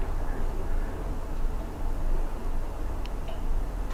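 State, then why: Seated. A healing abutment is pushed onto a dental implant in the mouth over a steady low-frequency background rumble. A brief, sharp snap at 3.1 s marks the abutment clicking into place on the implant, seated.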